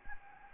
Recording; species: mosquito wingbeat signal from an infrared sensor; Anopheles gambiae